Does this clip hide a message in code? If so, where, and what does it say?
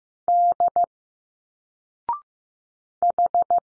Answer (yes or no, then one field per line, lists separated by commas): yes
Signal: Morse code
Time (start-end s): 0.3-3.6 s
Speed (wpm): 15 wpm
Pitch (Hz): 700 Hz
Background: none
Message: D H